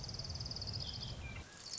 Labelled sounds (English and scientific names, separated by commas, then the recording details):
Orange-crowned Warbler (Leiothlypis celata)
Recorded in Sonoma County, California